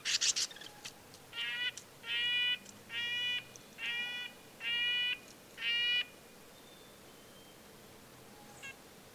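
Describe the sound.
Red-breasted nuthatch uttering a run of six nasal toots at regular intervals, preceded by a few sharp clicks, then quiet with faint high notes.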